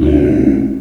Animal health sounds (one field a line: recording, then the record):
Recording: squeal of a Yucatan mini pig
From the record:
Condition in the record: after surgery on the right vocal fold (resection and tissue-engineered implant)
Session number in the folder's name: 1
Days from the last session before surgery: 13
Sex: female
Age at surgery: 19 weeks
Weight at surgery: 25 kg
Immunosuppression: prednisolone